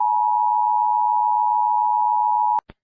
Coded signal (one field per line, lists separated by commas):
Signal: Emergency Alert System (SAME) tones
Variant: 853 and 960 Hz attention tone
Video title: Egypt EAS alarm